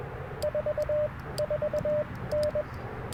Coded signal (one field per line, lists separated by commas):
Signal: Morse code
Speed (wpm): 21 wpm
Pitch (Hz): 600 Hz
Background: radio noise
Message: 44N